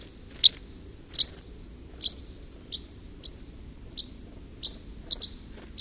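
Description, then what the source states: Red crossbill gives clipped, high chip notes spaced roughly every half to one second, the first loudest and later ones softer, over quiet background noise. Recorded in the Rusel area on 27 October 2014.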